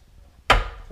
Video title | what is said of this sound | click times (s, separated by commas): How to Install an Oatey Laundry Outlet Box with Pex | hear that click you know you're good | 0.5 s